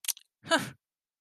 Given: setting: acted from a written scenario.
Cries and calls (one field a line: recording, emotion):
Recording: vocal sound without words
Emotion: contempt